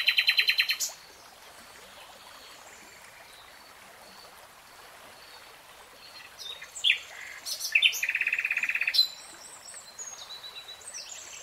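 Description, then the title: Nightingale song: opens with a rapid rattle of repeated notes, falls quiet, then returns with sharp notes and a fast, even series of repeated chips. Nightingale singing in real time. "[Tiếng chim hót] 3 Hours REALTIME Nightingale Singing"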